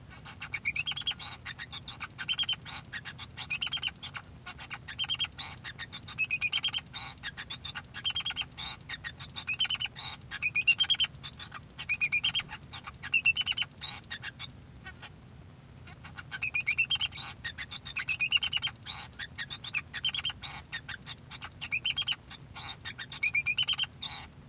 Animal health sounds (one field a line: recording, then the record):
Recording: song of a male Bengalese finch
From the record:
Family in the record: son of father 2